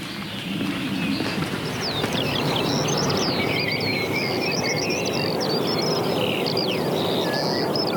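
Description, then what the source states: Eurasian skylark song: a high, fast, unbroken stream of chirping and twittering notes pouring on without pause over a steady background hiss. Singing tirelessly while hanging in the air above heathland on the Veluwe, heard during a walk.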